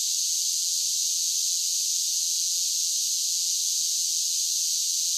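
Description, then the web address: Cicadas buzzing together in an unbroken, steady high-pitched drone. Large groups of cicadas singing. "Blast Wave 5 1 5 1 SSFX Cicadas Sing"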